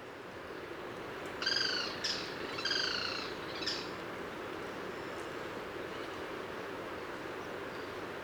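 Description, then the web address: Cocos flycatcher calls: a few nasal, harmonic-rich notes in a short burst in the first half, then only a steady hiss of background noise. Cocos Island. "isla-del-coco nesotriccus-ridgwayi"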